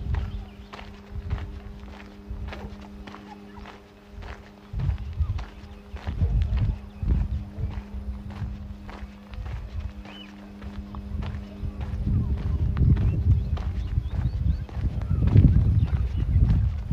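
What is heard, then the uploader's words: Footsteps walking in Modiin, Israel, with a steady low hum, frequent sharp clicks, and louder rumbling bursts growing toward the end. City Park Sounds. Walking In Modiin, Israel.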